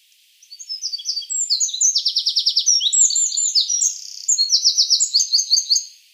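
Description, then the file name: Eurasian wren singing a fast, shrill strophe of twittering notes broken by dry, buzzy trills, running about five seconds before stopping abruptly. "Troglodytes troglodytes"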